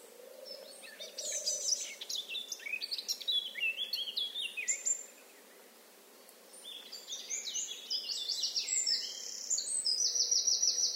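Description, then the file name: Eurasian blackcap song in two rapid warbling bouts of bright, high notes and quick trills, with a quiet gap of about two seconds between them. "Sylvia atricapilla"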